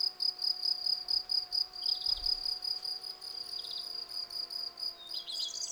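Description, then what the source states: Field cricket with steady repeated chirps over a low constant hum, with a faint bird call at the end. Several field crickets singing in a garden lawn at Val Maravel on 18 April 2020, for three days; freshly new wings give clear stridulation; Nagra Seven recorder with cardioid MKH40 microphone.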